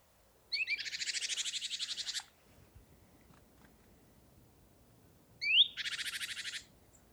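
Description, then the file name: Great tit scolding with long harsh buzzy churrs, the second introduced by a short rising whistle, over a quiet background. "Parus major"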